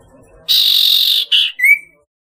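Barn owl hissing: a loud breathy hiss lasting under a second, a brief second hiss, then a short rising squeak.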